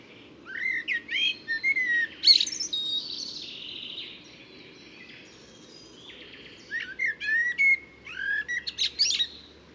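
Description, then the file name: Eurasian blackbird delivering varied fluted, warbling song phrases mixed with sharp high squeaks and twitters, with a short pause in the middle. "Turdus merula"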